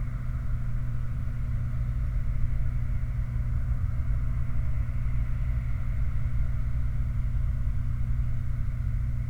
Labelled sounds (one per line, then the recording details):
machinery
flare stack
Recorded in the Prudhoe Bay oil fields, Alaska, on 28 July 2019 at 23:51
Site 29